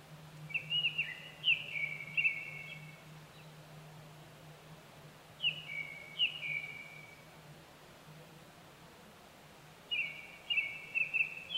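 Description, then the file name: Japanese thrush singing three whistled phrases about every five seconds, each a run of clear sliding and fluty notes, with a faint constant low hum beneath. Recorded 25 April 2010 at 18:00. "kurotugumi 20100425-1800"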